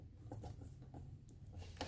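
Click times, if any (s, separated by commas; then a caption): none. The lower socket fitting of a new tailgate gas strut, on a Seat Ibiza, is handled and pushed toward its ball stud on the car body. Soft taps and scuffs come at about 0.3, 0.9 and 1.3 s, with a louder tap at 1.8 s over a low background hum. Nothing has clicked or seated yet.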